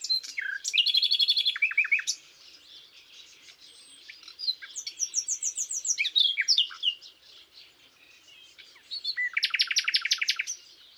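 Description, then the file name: Common nightingale singing varied phrases: a fast series of repeated notes, then gentler twittering, and finally a loud rapid trill of repeated notes. "Luscinia megarhynchos"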